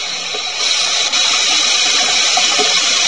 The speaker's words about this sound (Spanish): Este fue lo que yo capturé en mi casa, la lavadora, la extractora, el lavavajillas funcionando. Y bueno, pues lo metí en el estudio, le di una forma nueva y...